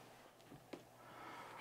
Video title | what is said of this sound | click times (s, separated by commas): Meat Grinder&Slicer Shredder Attachment for KitchenAid Stand Mixer | all right so first we're going to do our slicer and you're just gonna pop it in place you're gonna hear that little snap | 0.7 s